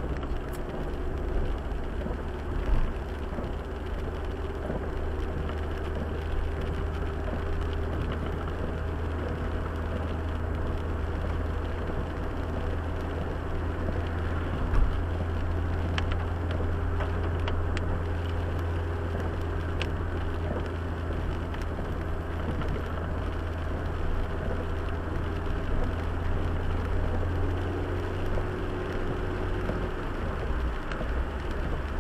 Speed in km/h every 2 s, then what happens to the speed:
42, 45, 47, 48, 48, 48, 47, 46, 50, 49, 50, 51, 50, 52, 54, 53.
0-6 speeds up to 48. 6-32 steady at about 50.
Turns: none.